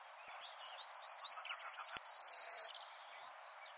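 Bird song: a fast trill of about a dozen high pulsed notes that grows louder, then a steady sustained tone, ending with a thin, higher, slightly rising whistle.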